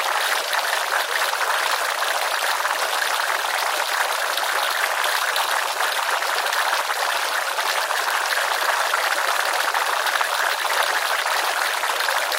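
Laboratory beakers bubble and hiss softly without a break, a dense, even fizz of tiny pops that never swells or fades. The sound sits in the middle and upper range with almost no low rumble, steady throughout.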